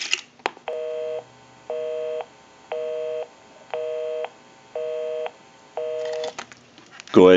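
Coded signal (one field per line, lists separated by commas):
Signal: telephone call progress tone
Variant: North America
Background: speech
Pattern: busy tone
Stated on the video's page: Heard on an Ericofon Northern Electric telephone during initial checkout and repair.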